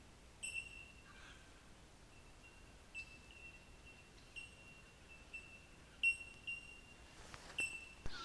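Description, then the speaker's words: Bellbirds giving bell-like pings at irregular intervals, with a few other sounds near the end. Some bellbirds calling on a walk with a dog. "That's just the sound of some bellbirds."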